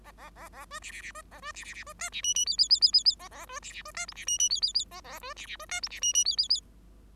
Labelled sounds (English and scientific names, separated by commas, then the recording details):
Bengalese Finch (Lonchura striata domestica) song
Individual Bird5